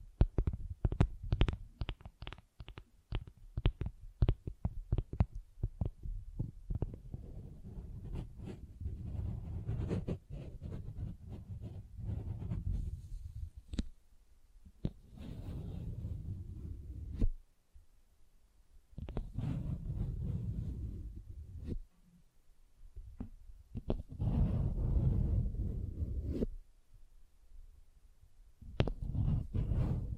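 Tapping and scratching textures: a quick run of sharp, evenly spaced taps fills the first few seconds, then gives way to low, dense scratching in bursts. The scratching comes in stretches of several seconds separated by short, near-silent pauses, with occasional crisp clicks.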